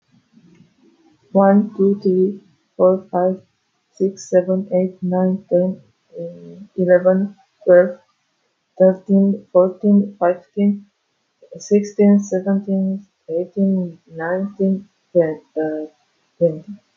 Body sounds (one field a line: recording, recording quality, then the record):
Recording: counting at a fast pace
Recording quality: excellent, no background noise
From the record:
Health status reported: healthy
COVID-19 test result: negative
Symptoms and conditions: none ticked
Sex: female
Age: 37 years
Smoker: yes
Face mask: not worn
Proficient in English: yes